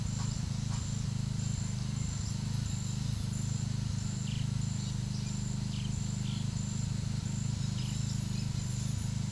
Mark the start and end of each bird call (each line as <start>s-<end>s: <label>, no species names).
0.00s-1.00s: bird call
4.20s-6.50s: bird call
7.26s-9.31s: bird call